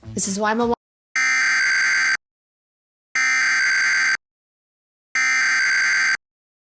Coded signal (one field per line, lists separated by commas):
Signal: Emergency Alert System (SAME) tones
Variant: header bursts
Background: speech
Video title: EAS Mock 43: Pueblo County Wildfire (Multiple Perspectives)